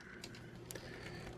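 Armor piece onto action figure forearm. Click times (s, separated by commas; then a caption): 0.7 s. An attachable die-cast armor piece is pressed onto the right forearm peg of a Jada Toys Metals Die Cast 6" Armored Batman action figure. Against a steady low hum, a soft tick at 0.2 s is followed by a sharp, bright snap at 0.7 s and a small after-tick. The armor piece snaps into place and is seated on the forearm.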